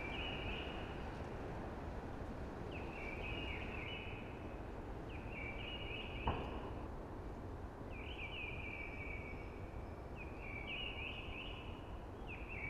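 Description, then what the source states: Eurasian blackbird singing a series of rich warbled phrases every two to three seconds, with a brief click midway and continuous rushing noise like wind in conifers. Singing early, amongst hushing conifers.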